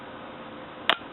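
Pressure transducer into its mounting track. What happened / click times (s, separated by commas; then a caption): The plastic part snapped into its mounting track / 0.9 s. A plastic pressure transducer, held by one end, is slid gently through the track of its mount. Over a low, steady background, a single sharp, short click sounds at 0.9 s as the transducer snaps into place. It is seated correctly in its mounting track.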